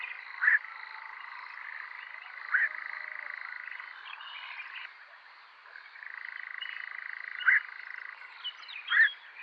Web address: caprimulgus europaeus call